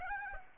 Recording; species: mosquito wingbeat signal from an infrared sensor; Aedes aegypti